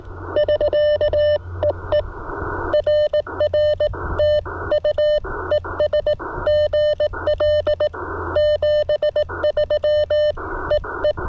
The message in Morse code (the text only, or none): <SK> EE RR TU ES GL 73 EE